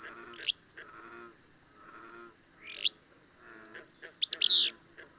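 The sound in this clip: Bird calls: two upslurred chirps a few seconds apart, then a buzzy double burst near the end, set against a constant shrill drone.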